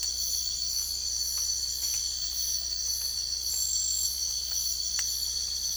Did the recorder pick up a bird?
no